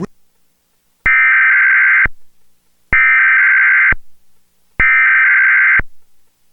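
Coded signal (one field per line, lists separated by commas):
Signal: Emergency Alert System (SAME) tones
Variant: header bursts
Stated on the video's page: Real EAS Required Weekly Tests relayed by Comcast Xfinity cable in Spokane, Washington, auto-tuned to C-SPAN.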